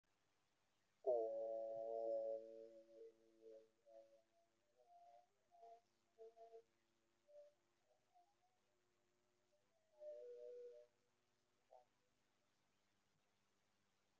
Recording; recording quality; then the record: sustained vowel as in boot; moderate, slight background noise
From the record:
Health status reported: exposed to COVID-19, no respiratory illness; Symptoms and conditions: cough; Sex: male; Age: 38 years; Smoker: yes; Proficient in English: yes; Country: India